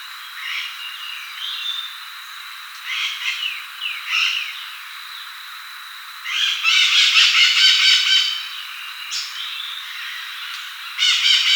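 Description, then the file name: Bird calls beginning as short scratchy notes, then a long loud grating rattle, and a further harsh burst at the end, over a steady high whine. "SABIOD 50 bird 2015"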